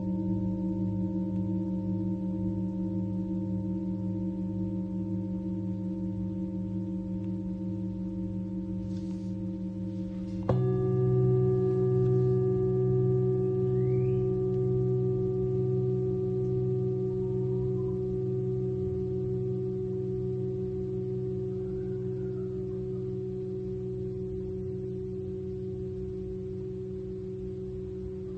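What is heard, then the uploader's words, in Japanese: Singing bowls ring in a steady, low, overlapping hum, with a fresh strike near ten seconds swelling the tone before it slowly fades. メキシコから シンギングボウルのサウンドヒーリング ライブ。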